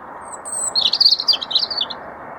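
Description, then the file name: European robin singing a brief, high, thin phrase of quick warbled and twittering notes, varying in pitch, over a steady low background hiss. "Erithacus rubecula"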